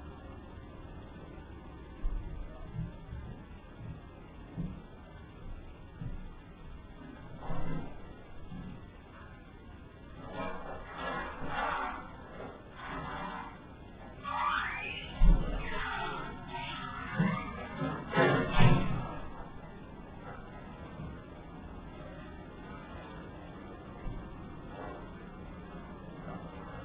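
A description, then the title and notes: A very squeaky door creaks open and shut, its wavering groans rising and falling mostly between about 10 and 19 seconds. It slams with heavy thuds near 15 and 18 seconds. Softer knocks and handling bumps come earlier, over a dull, muffled background. A recorder left in an empty house recorded this while we were out for a dinner break. A very squeaky door is heard and slammed followed by two voices.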